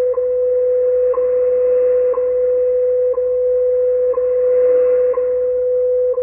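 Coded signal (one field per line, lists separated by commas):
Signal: radio time signal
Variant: WWV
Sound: continuous mid-pitched hum broken by a short click each second, about 7 ticks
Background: faint radio static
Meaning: Each tick marks one second; the steady 500 Hz tone is the standard audio tone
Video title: Radio propagation with seasons and the return of WWV on 25000 kHz shortwave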